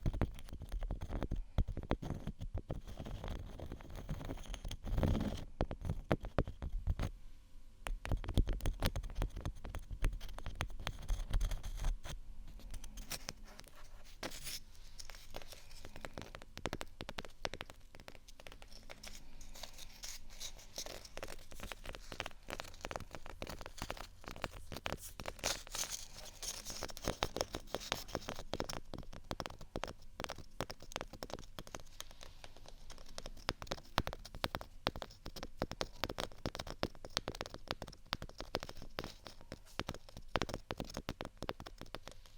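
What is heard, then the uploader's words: Rapid scratching and tapping on textured objects forms a dense, irregular patter of clicks throughout, with a low thumping beat underneath. ASMR Scratch & Tap On Textured Items & beat （No Talking）.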